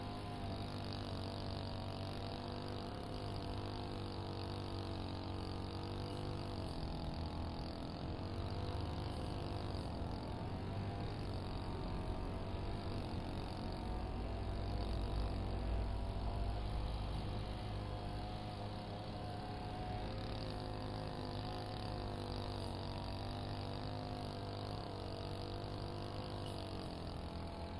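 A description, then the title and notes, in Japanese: A brush cutter's engine drones steadily, its pitch wavering slightly as it moves back and forth through weeds in a field. 環境音 機械音あり サツマイモ畑の草刈り。サツマイモの畝間を行ったり来たり、ひたすら草刈り機で草刈りです。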